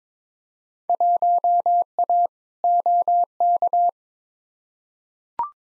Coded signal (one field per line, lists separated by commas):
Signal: Morse code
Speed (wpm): 21 wpm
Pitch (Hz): 700 Hz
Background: none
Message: 1A OK